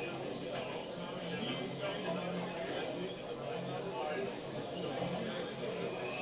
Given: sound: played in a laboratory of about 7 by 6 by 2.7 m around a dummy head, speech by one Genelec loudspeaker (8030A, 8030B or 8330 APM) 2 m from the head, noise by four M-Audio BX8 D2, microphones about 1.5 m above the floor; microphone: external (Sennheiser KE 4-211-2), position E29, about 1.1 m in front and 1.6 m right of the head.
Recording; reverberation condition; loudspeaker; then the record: cafeteria noise; low; four, about 170 cm from the corners of the room and facing them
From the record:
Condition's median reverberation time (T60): about 310 ms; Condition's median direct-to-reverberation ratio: about 3.5 dB